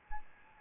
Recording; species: mosquito wingbeat signal from an infrared sensor; Aedes albopictus